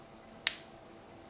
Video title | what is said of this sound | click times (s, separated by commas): MI BAND 4 - LA BIG REVIEW - 4K -FR | ça se clipse | 0.5 s